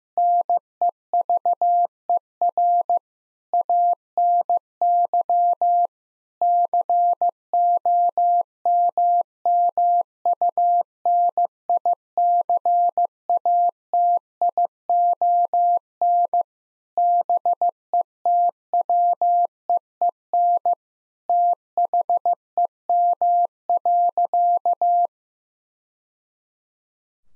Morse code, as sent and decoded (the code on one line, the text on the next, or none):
-. . ...- . .-. / .- -. -.-- / -.-. --- -- -- ..- -. .. -.-. .- - .. --- -. / -... . - .-- . . -. / - .... . -- .-.-.-
NEVER ANY COMMUNICATION BETWEEN THEM.